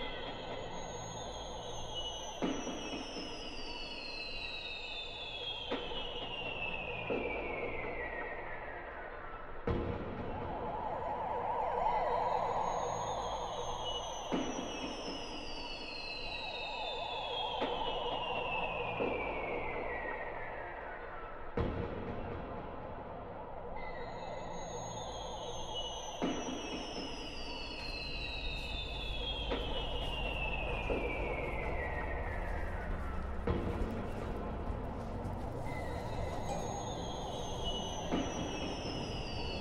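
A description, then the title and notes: Street traffic rumbles steadily while a high, whining tone slides downward over a few seconds, repeating roughly every ten seconds like a falling siren wail. Sharp knocks land around ten and twenty-two seconds, and a deeper engine rumble swells near the end. Automobiles, trucks, construction equipment, mopeds and motorcycles, buses, street sounds and a variety of police and ambulance sirens.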